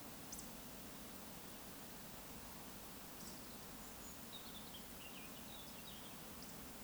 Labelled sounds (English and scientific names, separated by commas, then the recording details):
Eurasian Woodcock (Scolopax rusticola) whistle, Eurasian Woodcock (Scolopax rusticola) croak
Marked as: whistle, croak, whistle, whistle
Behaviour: display flight
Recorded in Baden-Württemberg, Germany, on 15 May 2020 at 19:33 UTC
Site 46190, 1214 m above sea level